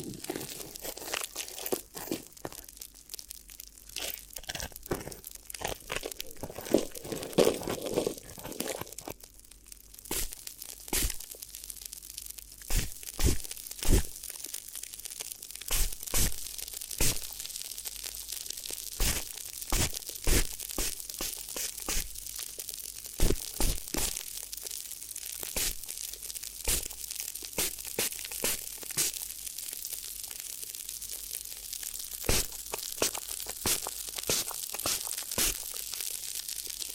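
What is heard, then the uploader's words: Crinkly ear massage sounds: a constant bright rustle of crumpling and crinkling runs through the whole clip, broken by frequent sharp, crisp crackles at an irregular pace. Around seven seconds a softer, muffled rubbing briefly comes forward before the crinkling turns denser again. ASMR Addictive Crinkly Ear Massage (No Talking).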